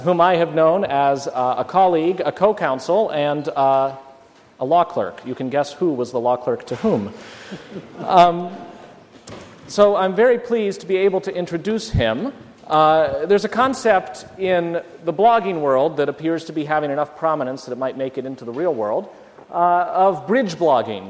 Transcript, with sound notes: whom I have know as a colleague, a co-counsel and a law clerk. You can guess who was the law clerk to whom? [Laughs] So I’m very pleased to be able to introduce him, there’s a concept in the blogging world that appears to be having enough prominence that it might make it into the real world – of bridge blogging.